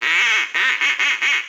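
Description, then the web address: Duck quacking: one long harsh nasal quack followed by four shorter quacks in quick succession, loud and raspy. "Animals duck"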